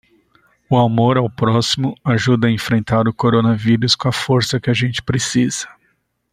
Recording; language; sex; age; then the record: spoken sentence; Brazilian Portuguese; male; 50 to 59 years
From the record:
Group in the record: control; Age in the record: 50 years